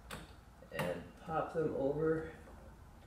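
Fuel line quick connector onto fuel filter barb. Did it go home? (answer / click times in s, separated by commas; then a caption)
no / none. Fuel line quick-connect fittings are handled at the barbs of a new fuel filter on a Volkswagen/Audi 2.0T while someone talks, with a short sharp tap at 0.8 s. Nothing has seated or clicked yet; the fittings are not home.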